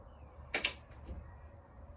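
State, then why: Seated. A T8 LED tube's end pins, lined up in a fluorescent fixture's sockets, are rotated until the tube snaps into place. Two sharp, bright clicks sound at 0.5 s and 0.6 s over a quiet background. Then a few fainter knocks follow, and the tube is seated.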